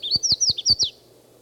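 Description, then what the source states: Red-faced warbler song: a quick series of several high, sweet, slurred notes lasting under a second, then quiet. Song given while flying from one tree to another; around 10 to 10:30 on 17 May at the foot of Mount Elden Road.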